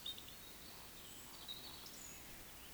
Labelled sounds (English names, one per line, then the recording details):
Eurasian Woodcock whistle
Eurasian Woodcock croak
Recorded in Baden-Württemberg, Germany, on 31 May 2021 at 19:39 UTC
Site 20675, 466 m above sea level